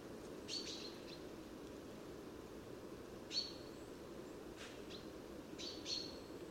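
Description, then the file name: Common chaffinch giving short sharp high call notes, a few seconds apart, over steady low background noise. "Fringilla coelebs"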